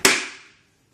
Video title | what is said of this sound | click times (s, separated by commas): TROLLEY GEAR REMOVAL & INSTALL | press it down and we'll snap into place | 0.0 s